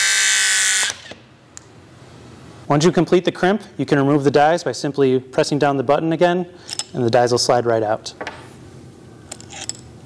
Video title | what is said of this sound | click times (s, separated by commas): ILSCO W Dies Overview | you're going to want to crimp it until you hear a pop which indicates that the crimp is complete | 1.6 s